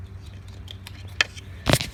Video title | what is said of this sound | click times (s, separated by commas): Honda 919 Flasher Relay Replacement (hyperflash fix) | just that easy clicked right in | 1.2 s